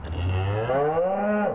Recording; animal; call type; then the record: contact call of a hoofed animal; cattle; low-frequency (closed-mouth) or high-frequency (open-mouth) call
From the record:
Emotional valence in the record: negative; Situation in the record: full separation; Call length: 1.55 s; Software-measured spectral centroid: 1100 Hz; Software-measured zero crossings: 1000 a second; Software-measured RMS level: -24 dBFS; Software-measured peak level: -13 dBFS